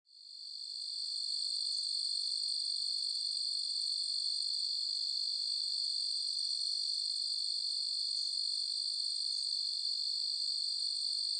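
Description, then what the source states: Crickets in a dense, steady chirping chorus, a continuous high shimmering trill that swells in over the first second and then holds unbroken throughout. Forest nature ambience with crickets and insects.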